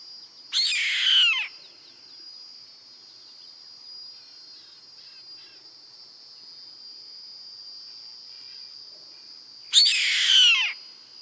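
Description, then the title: Yellow-headed caracara uttering two harsh, hoarse descending screams about nine seconds apart, with a constant high insect drone between them. "LuckyPassaro Completos2Sama. Yellow-headed Caracara (Milvago chimachima)"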